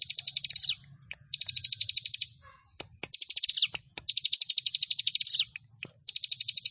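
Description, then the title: Bar-winged prinia song: rapid, high, buzzy trills in bursts of about a second, each ending in a short downslur, with sharp clicks and a low hum beneath. "Ciblek Sawah"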